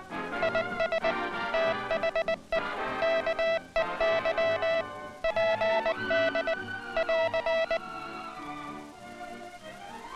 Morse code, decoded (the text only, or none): IS THE KEY PD <AR>